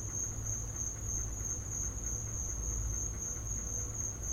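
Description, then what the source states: Cricket song as an unbroken high-pitched trill, with a steady low background hum beneath. Crickets in the recordist's back yard; field recording.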